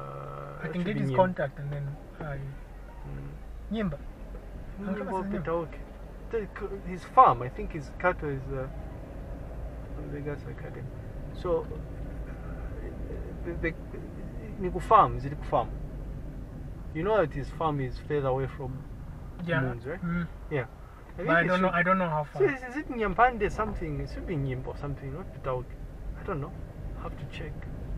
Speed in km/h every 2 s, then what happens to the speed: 1, 4, 6, 10, 12, 15, 18, 19, 17, 13, 5, 6, 11, 13.
0-13 pulls away to 19. 13-20 slows to 5. 20-28 speeds up to 13.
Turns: none.